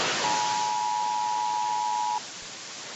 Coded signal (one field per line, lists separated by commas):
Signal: Emergency Alert System (SAME) tones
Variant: 853 and 960 Hz attention tone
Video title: Every EAS video I've made (so far)